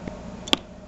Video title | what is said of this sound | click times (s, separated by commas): Scala Rider Bluetooth Headset Install and review. | it thin you hear it click so I have to do is turn it on | 0.5 s